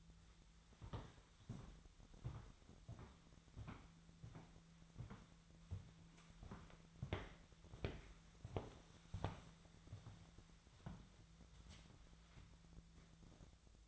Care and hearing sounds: daily activity, microphone in the room; walk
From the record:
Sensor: 3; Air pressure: 1008.3 hPa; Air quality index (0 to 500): 192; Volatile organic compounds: 14 ppm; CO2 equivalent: 2466 ppm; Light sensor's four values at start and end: 17/42/18/18 and 17/42/18/18

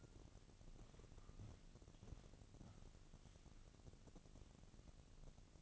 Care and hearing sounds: daily activity, microphone in the room; walk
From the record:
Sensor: 4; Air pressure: 1013.0 hPa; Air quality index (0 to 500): 173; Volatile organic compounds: 2 ppm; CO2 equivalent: 1098 ppm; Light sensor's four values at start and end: 72/177/75/80 and 70/172/73/78

